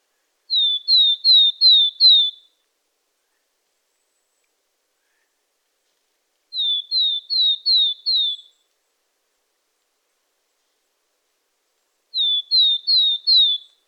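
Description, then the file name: Willow tit giving a run of five clear, downslurred whistled notes, the sequence repeated roughly every six seconds with silence between. "Poecile montanus"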